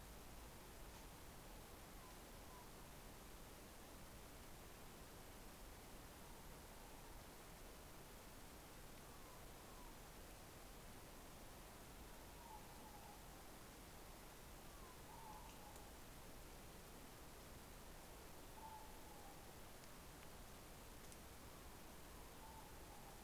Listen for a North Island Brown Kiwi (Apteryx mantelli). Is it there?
no